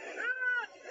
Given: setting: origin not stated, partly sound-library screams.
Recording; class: one-second piece from a danger detection set; woman in danger